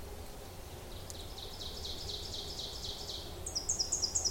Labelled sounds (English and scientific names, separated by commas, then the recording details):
Ovenbird (Seiurus aurocapilla) song
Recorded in boreal forest in Alberta, Canada, on 26 May 2016 at 07:15
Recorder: SongMeter 3, array SBT-3-15
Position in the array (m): 25 m, 277 m
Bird 20